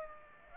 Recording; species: mosquito wingbeat signal from an infrared sensor; Aedes aegypti